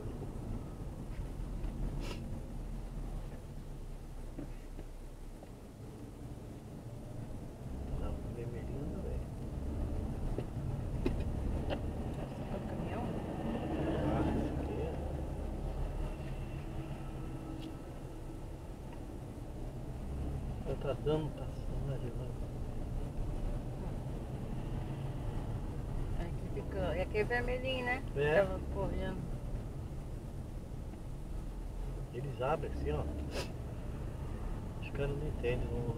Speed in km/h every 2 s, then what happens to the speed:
15, 7, 12, 17, 20, 21, 16, 10, 10, 15, 18, 20, 20, 21, 17, 18, 19, 18.
2-9 speeds up to 21. 9-15 slows to 10. 15-23 speeds up to 20. 23-36 steady at about 18.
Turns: none.